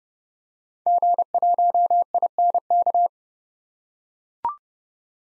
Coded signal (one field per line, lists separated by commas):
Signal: Morse code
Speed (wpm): 30 wpm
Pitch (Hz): 700 Hz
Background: none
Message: G1INK